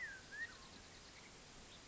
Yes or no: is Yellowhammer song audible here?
no